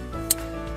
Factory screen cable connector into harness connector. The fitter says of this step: okay make sure it clicks in place